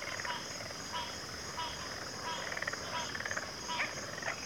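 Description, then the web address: Crickets chorusing, with a steady high shimmering drone and short pulsed chirps repeating over soft background hiss. Cricket chorus recorded at a backwater. "WLL Grade 1-12 Pre-Uni Library Natures Songs Sleep Sounds of Nature CRICKETS Backwater Chorus"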